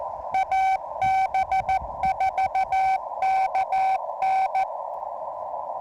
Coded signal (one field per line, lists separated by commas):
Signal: Morse code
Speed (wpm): 14 wpm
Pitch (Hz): 1550 Hz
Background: none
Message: AB4KN